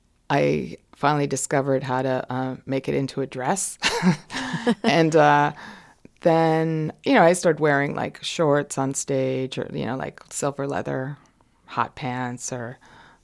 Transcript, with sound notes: I finally discovered how to make it into a dress.
(LAUGHTER)
And then, you know, I started wearing, like, shorts onstage or, you know, like, silver, leather hot pants or,